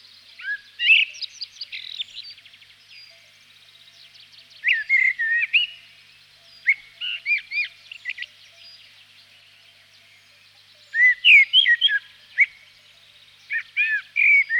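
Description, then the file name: Common blackbird singing: separate phrases of mellow fluted whistles and squeaky high twitters, repeated every few seconds with short pauses. "chernyy drozd"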